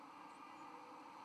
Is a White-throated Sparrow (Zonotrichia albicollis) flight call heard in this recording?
no